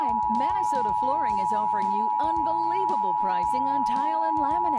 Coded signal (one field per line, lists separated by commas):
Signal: Emergency Alert System (SAME) tones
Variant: 853 and 960 Hz attention tone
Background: speech